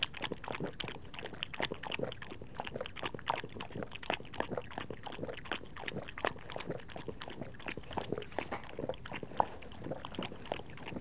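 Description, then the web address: Dog drinking, steady rapid wet lapping and small splashes continuing without pause. Dog lapping water, recorded close up. "BBC Sound Effects Library. Dog Lapping Water - Close Perspec"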